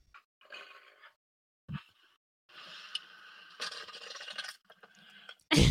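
Wet, sputtering hiss in bursts, like diarrhea: a snake expelling gas from its cloaca, its mouth opening fully as if gagging while it contracts back to push the gas out.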